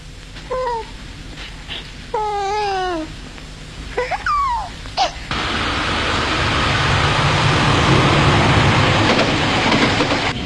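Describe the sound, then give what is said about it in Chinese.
A steady, broad roar of a subway train in motion on a ride home fills the second half, preceded by a few seconds of quieter rumble with brief, wavering high-pitched squeals and chirps. “在回家的地铁上”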